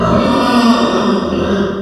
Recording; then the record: squeal of a Yucatan mini pig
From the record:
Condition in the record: after surgery on the right vocal fold (resection and tissue-engineered implant); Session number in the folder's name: 15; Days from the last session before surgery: 175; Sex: female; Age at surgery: 19 weeks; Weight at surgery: 25 kg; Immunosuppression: prednisolone